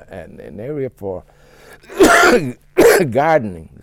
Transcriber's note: coughs